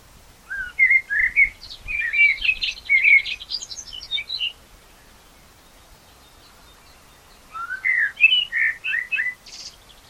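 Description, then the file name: Common blackbird song in two phrases split by several quiet seconds, each a run of melodious fluty notes mixed with thin high twittering. "Turdus merula"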